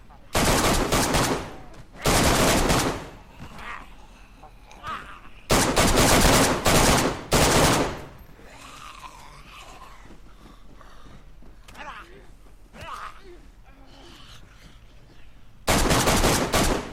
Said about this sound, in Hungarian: Aj, ezért nem szabad ész nélkül lövöldözni, mert magunkra húztunk egy játékost, aki most kinyírt mind a kettőnket.